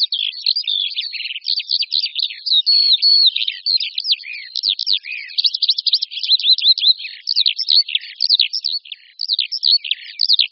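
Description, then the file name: Eurasian skylark pouring out an unbroken stream of high, fast chirps and buzzy trills, varied and restless throughout. "Skřivan-polní"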